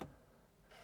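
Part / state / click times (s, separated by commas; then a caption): phone in the holder's clamp / seated / 0.0 s. A phone is placed into a ProClip wireless charging phone holder, and its clamp arms close and lock onto the phone with a sharp click at 0.0 s. A quiet low hum follows, then a soft broadband hiss rises from about 0.7 s. The phone is seated and locked in the holder.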